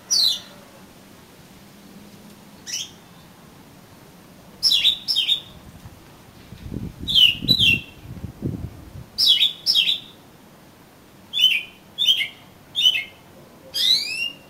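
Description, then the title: Oriental magpie-robin: songbird giving scattered, sharp falling notes, often in pairs, with long gaps between them; soft low thumping or rustling in the middle stretch. "Kacer Kacer"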